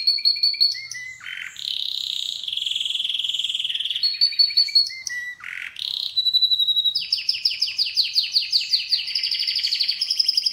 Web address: Canari Seda Canari